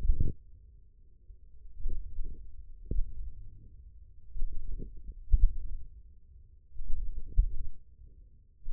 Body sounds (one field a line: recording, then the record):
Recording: forearm muscle sounds (acoustic myography)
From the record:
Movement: wrist extension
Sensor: system 1, eight BSWA MPA416 microphones around the upper forearm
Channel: 7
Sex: male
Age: 20 years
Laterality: left